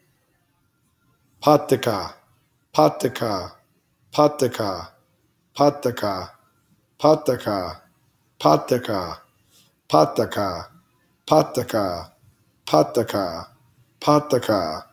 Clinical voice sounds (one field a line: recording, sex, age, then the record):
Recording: repeated syllables /pa ta ka/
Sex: male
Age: 30 to 39 years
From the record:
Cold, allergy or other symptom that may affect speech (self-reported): no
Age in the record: 32 years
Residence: California, United States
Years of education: 16